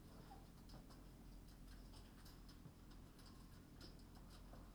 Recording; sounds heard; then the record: poultry house recording; healthy chickens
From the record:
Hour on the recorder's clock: 19